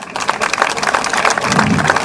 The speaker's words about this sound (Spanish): un fuerte aplauso a los nadadores para el señor alcalde, por favor.